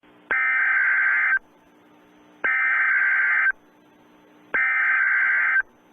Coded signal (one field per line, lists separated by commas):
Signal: Emergency Alert System (SAME) tones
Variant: header bursts